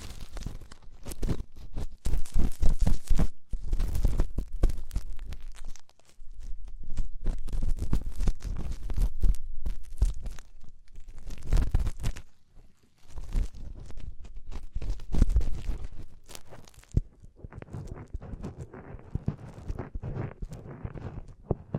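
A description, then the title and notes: Deep ear cleaning, heard as dense crackling, scraping and rustling with a strong low rumble underneath. The sound comes in bursts of several seconds separated by brief near-silent gaps around 3.5, 6, 12.5 and 17 seconds. The final stretch is duller and softer. ASMR INTENSE Deep Ear Cleaning (No Talking).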